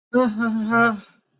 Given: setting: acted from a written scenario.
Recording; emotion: vocal sound without words; embarrassment